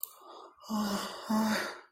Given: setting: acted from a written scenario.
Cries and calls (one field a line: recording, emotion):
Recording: vocal sound without words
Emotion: guilt